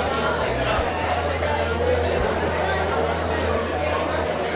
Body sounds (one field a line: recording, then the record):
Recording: background sound without coughing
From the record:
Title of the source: CITY SOUNDS Busy Bar in the Evening Night - 2 HOURS of Ambiance for Relaxation